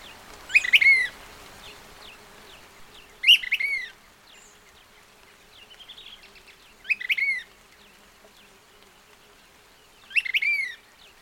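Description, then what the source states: Brown-crested flycatcher singing short phrases of high, sweet whistled notes with quick twittering, repeated every few seconds against a faint steady hum. Song recorded at dawn.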